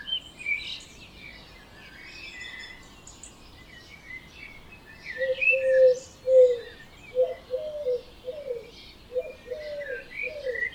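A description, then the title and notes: Birds sing in an early-morning chorus, with bright, overlapping chirps and trills from several birds throughout. From about five seconds in, a dove adds a low, repeated cooing phrase in a steady rhythm. A faint, quiet hiss sits underneath. Birds Oberhofen Inntal Austria - 4am - stereo version.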